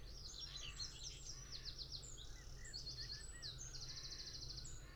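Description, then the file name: Common chaffinch with quick descending note series and bright high trills over a constant low rumble. "Fringilla coelebs"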